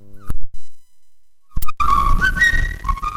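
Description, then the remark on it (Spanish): After a few sharp knocks, someone whistles a wandering street melody, the high pitch sliding and wavering from note to note over a steady wash of background noise. “En el principio, ¿no fue el tango acaso, sino un errabundo silbo callejero?”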